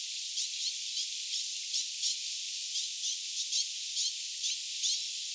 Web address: paivat 9 8 2026 hernekertun poikasten aantelya